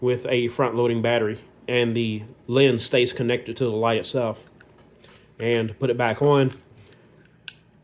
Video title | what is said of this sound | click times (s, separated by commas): Streamlight TLR-1 HL-X Unboxing | just puts it, and it clicks into place. You can hear it click. | 7.5 s